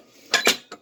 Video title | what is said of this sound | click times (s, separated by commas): Deluxe Grill & Griddle with grilled cheese | we go you should hear it snap like that | 0.3 s